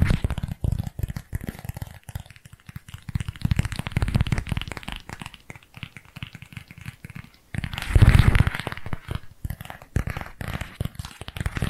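Dense, irregular tapping and crinkly scratching run throughout, with short quiet gaps and a louder rustling burst around eight seconds.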